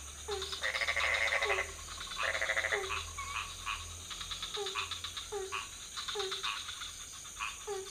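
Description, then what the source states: Frogs calling: short croaks repeated regularly, with loud buzzy rattling bursts early on. Several frog species calling at night in a pond near a hotel in Ubud, Bali, Indonesia; recorded with Sony PCM D50 and Rode NT4 on a boompole.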